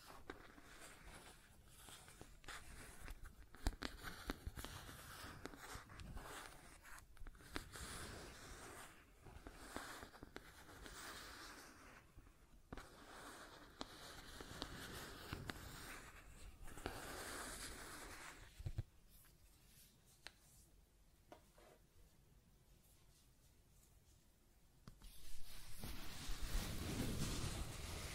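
Scratching and tracing sounds come in uneven bursts of dry rasping strokes, quieter and thinner after about 19 seconds, then a louder rumbling scrape near the end.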